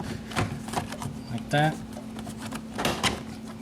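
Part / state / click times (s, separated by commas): plastic door trim panel into car door / not seated / none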